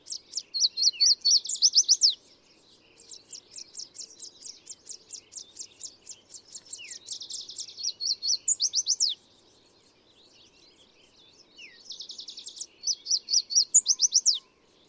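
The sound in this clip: Bird song in crisp bursts of high rapid notes and rattling trills, long phrases with quiet pauses between them, little background noise.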